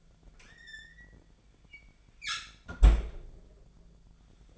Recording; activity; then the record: daily activity, microphone in the room; close fridge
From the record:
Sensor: 5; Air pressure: 1009.8 hPa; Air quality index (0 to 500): 162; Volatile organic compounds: 4 ppm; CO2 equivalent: 1571 ppm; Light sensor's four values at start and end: 111/286/119/126 and 110/284/118/125